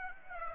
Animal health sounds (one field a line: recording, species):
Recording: mosquito wingbeat signal from an infrared sensor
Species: Aedes aegypti